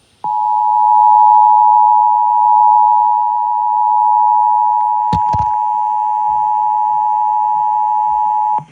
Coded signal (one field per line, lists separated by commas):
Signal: Emergency Alert System (SAME) tones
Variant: 853 and 960 Hz attention tone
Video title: CRAZY DAY! EAS Alert Compilation from 9/6/25